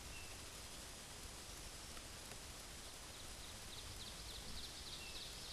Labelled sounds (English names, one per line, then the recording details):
Ovenbird song
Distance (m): 115 m
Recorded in a Pennsylvania forest on 17 May 2023 at 12:46
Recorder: AudioMoth, point grid1_39_low
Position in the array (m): 183 m, 73 m